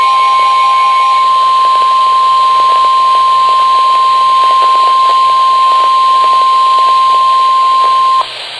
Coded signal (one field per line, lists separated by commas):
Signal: Emergency Alert System (SAME) tones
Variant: 1050 Hz attention tone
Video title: EAS Alert #20 - Flash Flood Warning 5/12/14